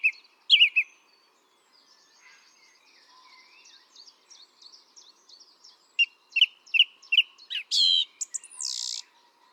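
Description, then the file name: Song thrush singing: a bright opening note, quiet twittering, then one clear whistled note repeated several times, followed by loud harsh buzzy phrases. "Turdus philomelos"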